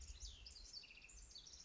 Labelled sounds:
House Wren (Troglodytes aedon)
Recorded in Sonoma County, California

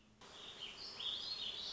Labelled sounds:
Warbling Vireo (Vireo gilvus)
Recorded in Sonoma County, California

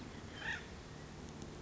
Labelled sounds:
Acorn Woodpecker (Melanerpes formicivorus)
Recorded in Sonoma County, California

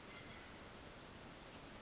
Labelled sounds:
Western Flycatcher (Empidonax difficilis)
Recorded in Sonoma County, California

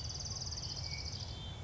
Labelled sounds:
Orange-crowned Warbler (Leiothlypis celata)
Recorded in Sonoma County, California

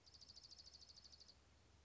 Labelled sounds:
Dark-eyed Junco (Junco hyemalis)
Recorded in Sonoma County, California

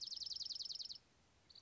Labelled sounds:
Dark-eyed Junco (Junco hyemalis)
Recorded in Sonoma County, California

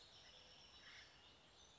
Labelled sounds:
Acorn Woodpecker (Melanerpes formicivorus)
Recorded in Sonoma County, California

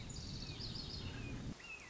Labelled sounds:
Red-shouldered Hawk (Buteo lineatus)
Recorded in Sonoma County, California

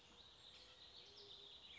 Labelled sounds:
Warbling Vireo (Vireo gilvus)
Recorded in Sonoma County, California

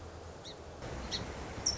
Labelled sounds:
Song Sparrow (Melospiza melodia)
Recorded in Sonoma County, California

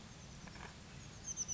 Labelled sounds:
Oak Titmouse (Baeolophus inornatus)
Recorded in Sonoma County, California

